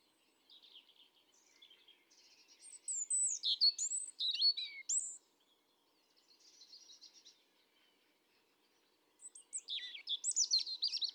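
European robin song: soft thin trills building into loud high liquid twittering phrases, a quieter warbled interlude, then another loud bright run of high notes.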